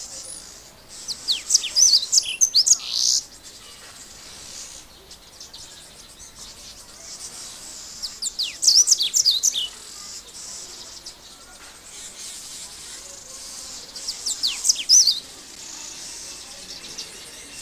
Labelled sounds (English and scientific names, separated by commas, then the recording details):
White-bellied Canary (Crithagra dorsostriata) song
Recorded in captivity
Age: adult
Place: Zoo Berlin, Berlin, DE
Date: 2001-08-14 14:59
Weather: sunny, ca. 26°C
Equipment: Marantz CP 130, Sennheiser MKH 416, Kopie Uher 4000 Report Monitor
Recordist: Tembrock, Günter
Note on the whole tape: Gesang (Abstand ca. 6 m)